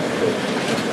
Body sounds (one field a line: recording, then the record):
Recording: background sound without coughing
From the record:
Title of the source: Office Sounds Ambience - Background Noise for Study and Work